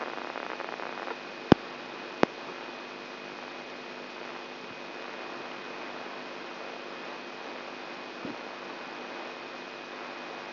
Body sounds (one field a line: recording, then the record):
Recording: brain microelectrode recording played as sound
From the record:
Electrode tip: inside the subthalamic nucleus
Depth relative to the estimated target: 2 mm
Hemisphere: left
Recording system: AlphaMap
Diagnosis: Parkinson's disease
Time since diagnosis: 11 years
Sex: male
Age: 67 years